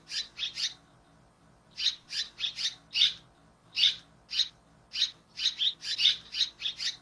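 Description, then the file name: Red-rumped swallow giving short, scratchy chirps in quick clusters, separated by brief pauses, over a quiet background. "Canto da andorinha daurica"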